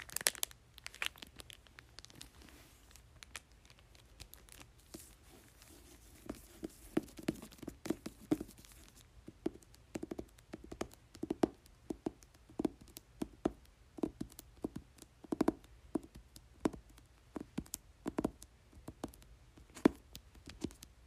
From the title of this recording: Tapping and Crinkling Book Cover